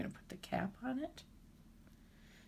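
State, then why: Partly seated. A rivet cap is pressed by hand onto the rivet post through a vinyl key fob snap tab, giving a small snap at 0.3 s while someone talks. The cap snaps only partway on; it is not tight enough and still needs setting.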